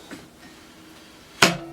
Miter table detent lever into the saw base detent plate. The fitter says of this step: have the detent lever right here when you slide this off it's in any detent and locks into place